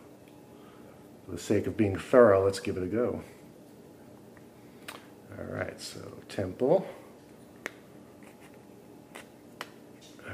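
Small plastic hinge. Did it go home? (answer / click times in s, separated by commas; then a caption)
partly / none. Someone talks while fitting a plastic interchangeable ear stem (temple) between Oakley half-frame sunglasses, an Oakley Half Jacket 2.0 and a Flak, onto the other frame's hinge. Short faint ticks of handling come around 4.9, 7.7, 9.2 and 9.6 seconds, but nothing has snapped into place yet. The stem does not snap fully home and leaves a small gap, though it still works.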